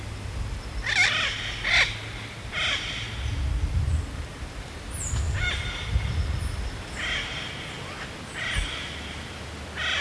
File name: yellow billed parrot